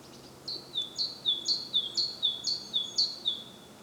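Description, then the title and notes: Great tit delivering a steady series of two-syllable phrases, a sharp high note sliding to a lower one, about six times in succession; light background hiss. Recorded at Głodówka, Žilina Region, Slovakia, with a Zoom F3 recorder and Usi Pro microphones. "Głodówka, Kraj żyliński, Słowacja - Great voice of a great tit. Recordist: Maciej Wirmański"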